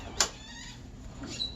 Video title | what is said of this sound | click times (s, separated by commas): Jeep Chrokee XJ window trim restoration 1997-2001 | nice little click. | 0.2 s